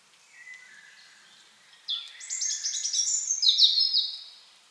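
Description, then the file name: European robin, a faint thin note followed by a loud, rapid stream of high tinkling trills and whistles lasting about two and a half seconds. "Erithacus rubecula"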